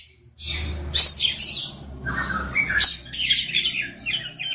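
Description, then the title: Oriental magpie-robin giving loud, varied song phrases of rasping and chattering notes mixed with brief whistles, with a low hum underneath. "Kacer"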